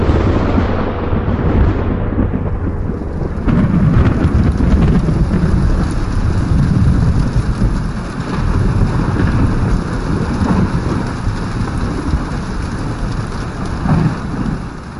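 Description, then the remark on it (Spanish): Heavy rain pours steadily at night as deep thunder rumbles underneath, the low roll swelling and fading across the whole stretch with no voices present. “Aquella noche hubo una tormenta”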